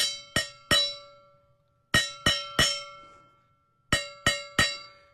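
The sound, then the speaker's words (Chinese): A stainless steel vacuum food jar, built of a 304 stainless steel outer wall, a vacuum insulation layer, copper plating and a 304 stainless steel inner wall, clinks nine times, in three groups of three quick strikes, each a bright metallic ring with a steady tone that decays briefly before the next. “你看啊，这就是那个闷烧杯啊，我给大家放一下啊。”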